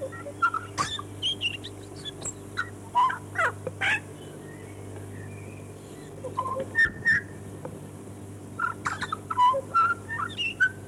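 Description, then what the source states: Chatham Island tui song of pure whistles, gurgles and crisp clicks in irregular bursts separated by short pauses, a faint steady hum running underneath. Chatham Islands subspecies of tui, Chatham Islands.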